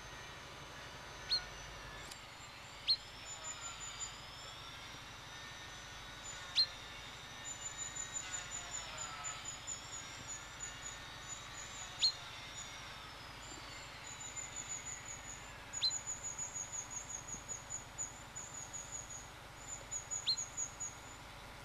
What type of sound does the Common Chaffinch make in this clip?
call